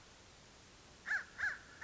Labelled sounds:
American Crow
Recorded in Sonoma County, California

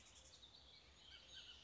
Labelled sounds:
Bullock's Oriole
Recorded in Sonoma County, California

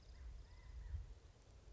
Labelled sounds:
California Quail
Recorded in Sonoma County, California

